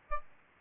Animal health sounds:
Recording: mosquito wingbeat signal from an infrared sensor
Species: Aedes albopictus

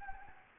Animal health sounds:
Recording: mosquito wingbeat signal from an infrared sensor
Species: Anopheles gambiae

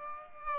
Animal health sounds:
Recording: mosquito wingbeat signal from an infrared sensor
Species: Aedes aegypti

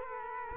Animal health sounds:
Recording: mosquito wingbeat signal from an infrared sensor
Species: Culex quinquefasciatus

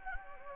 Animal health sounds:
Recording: mosquito wingbeat signal from an infrared sensor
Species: Anopheles gambiae

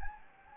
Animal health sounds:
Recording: mosquito wingbeat signal from an infrared sensor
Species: Anopheles gambiae

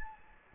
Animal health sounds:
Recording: mosquito wingbeat signal from an infrared sensor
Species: Anopheles gambiae

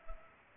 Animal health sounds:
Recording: mosquito wingbeat signal from an infrared sensor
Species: Culex pipiens

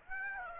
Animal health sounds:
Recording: mosquito wingbeat signal from an infrared sensor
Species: Aedes aegypti

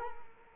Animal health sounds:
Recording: mosquito wingbeat signal from an infrared sensor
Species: Culex quinquefasciatus

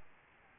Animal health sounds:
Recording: mosquito wingbeat signal from an infrared sensor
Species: Aedes albopictus

